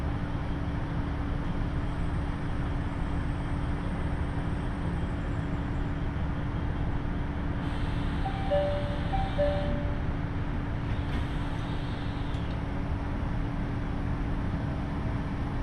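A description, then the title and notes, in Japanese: A KiHa 75 diesel railcar on the Taita Line, running from Mino-Ota toward Tajimi, gives a steady, dense low rumble with a constant droning hum throughout. Around the middle, short high beeps sound twice, and a faint hiss rises briefly near the end. 耳で楽しむ鉄道旅 太多線 美濃太田→多治見キハ75。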